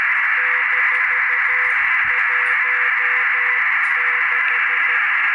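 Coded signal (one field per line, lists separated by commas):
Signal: Morse code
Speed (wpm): 12 wpm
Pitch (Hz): 500 Hz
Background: radio noise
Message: -16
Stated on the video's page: Telemetry from the ARISSAT-1 satellite.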